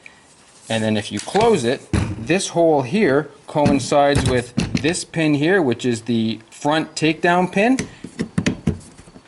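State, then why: Seated. Someone talks while closing the hinged upper receiver of a Troy PAR sporting rifle onto the lower receiver, lining its hole up with the front takedown pin. A few quick clicks end in a sharp metallic click at 8.5 s as the receiver locks in place, so it won't flop around during handling.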